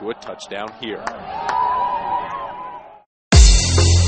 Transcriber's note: cheers